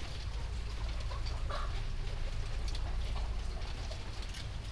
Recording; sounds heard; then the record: poultry house recording; sick chickens (respiratory disease)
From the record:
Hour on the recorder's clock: 23